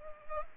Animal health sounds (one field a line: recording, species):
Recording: mosquito wingbeat signal from an infrared sensor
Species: Culex pipiens